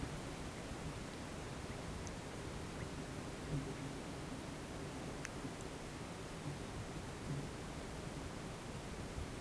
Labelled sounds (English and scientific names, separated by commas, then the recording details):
none
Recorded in pastures near Puerto Asís, Putumayo, Colombia, on 21 March 2025 at 13:30
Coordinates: 0.486, -76.323
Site G075